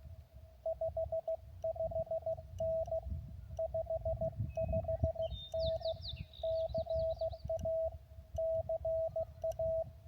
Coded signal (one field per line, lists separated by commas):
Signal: Morse code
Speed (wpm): 16 wpm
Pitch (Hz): 650 Hz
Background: radio noise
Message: 55N 55N CA CA